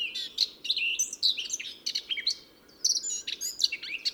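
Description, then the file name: Eurasian blackcap singing a fast, scratchy warble of mixed whistles and twitters, broken by a brief gap near the middle. "Sylvia atricapilla"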